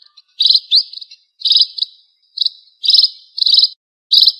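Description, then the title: Red-throated parrotfinch giving a handful of high, buzzy chirps in small clusters, a short upslurred note among them, with quiet gaps in between. "Erythrura Psittacea"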